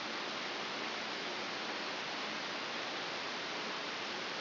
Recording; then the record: brain microelectrode recording played as sound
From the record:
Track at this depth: inside the subthalamic nucleus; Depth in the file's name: 1.835 mm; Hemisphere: left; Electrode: 3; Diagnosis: Parkinson's disease